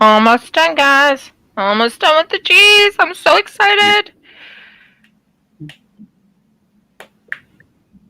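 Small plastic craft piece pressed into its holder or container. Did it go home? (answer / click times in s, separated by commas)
yes / 7.3 s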